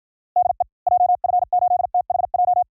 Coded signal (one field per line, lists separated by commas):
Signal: Morse code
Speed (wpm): 53 wpm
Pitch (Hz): 720 Hz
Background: none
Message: DE JF8THJ